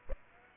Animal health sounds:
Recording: mosquito wingbeat signal from an infrared sensor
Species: Aedes aegypti

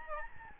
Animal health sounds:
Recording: mosquito wingbeat signal from an infrared sensor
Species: Aedes albopictus

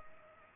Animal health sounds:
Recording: mosquito wingbeat signal from an infrared sensor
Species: Culex pipiens

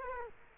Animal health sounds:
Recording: mosquito wingbeat signal from an infrared sensor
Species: Culex quinquefasciatus

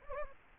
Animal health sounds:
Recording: mosquito wingbeat signal from an infrared sensor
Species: Anopheles gambiae

